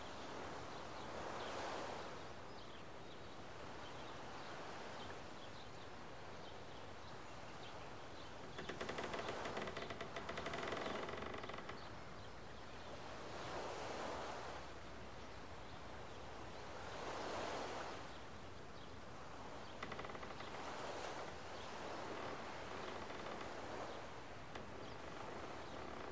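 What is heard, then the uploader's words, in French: Gentle water laps at a Canadian lakeshore in soft, regular swells every few seconds, over a steady hiss of surrounding nature. Au bord d'un lac Canadien bercé par les sons de la nature.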